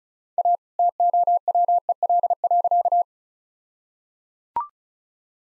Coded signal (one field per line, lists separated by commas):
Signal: Morse code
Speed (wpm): 34 wpm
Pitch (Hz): 700 Hz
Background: none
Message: A TOWEL.